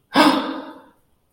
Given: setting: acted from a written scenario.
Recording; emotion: vocal sound without words; positive surprise